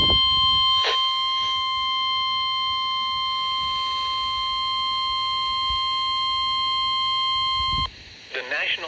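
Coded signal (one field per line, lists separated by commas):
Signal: Emergency Alert System (SAME) tones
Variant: 1050 Hz attention tone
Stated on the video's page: Severe thunderstorm warning from weather radio station at Columbus, Ohio.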